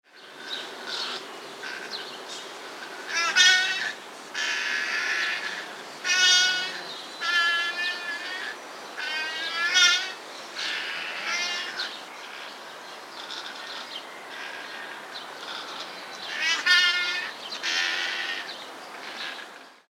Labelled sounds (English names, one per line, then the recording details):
Coypu
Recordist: Tembrock, Günter
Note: Drohen